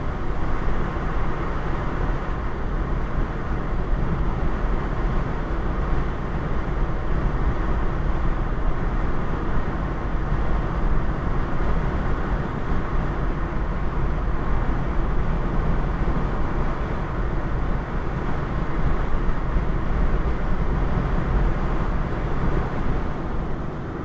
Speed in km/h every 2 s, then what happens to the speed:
95, 95, 95, 95, 95, 95, 95, 95, 95, 95, 95, 95.
0-24 steady at about 95.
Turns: none.